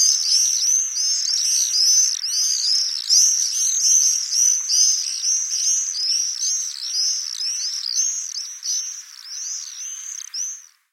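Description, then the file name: Common swift screaming calls, shrill descending buzzy screeches overlapping constantly from several birds, a continuous high-pitched chorus throughout with no other clear sounds. "Mauersegler"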